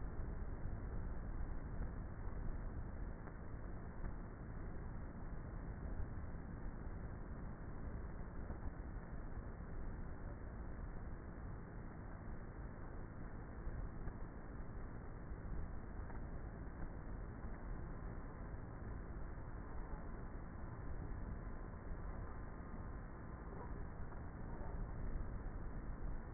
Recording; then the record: honeybee colony, microphone inside the hive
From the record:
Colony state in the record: queenless with a low population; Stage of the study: before two queens were removed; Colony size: about 30,000 bees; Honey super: no